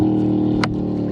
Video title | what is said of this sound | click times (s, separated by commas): Win Max Inflatable Pedal Kayak Unboxing, Setup and Review and use at Lake Pleasant, Arizona | They will lock into place. | 0.6 s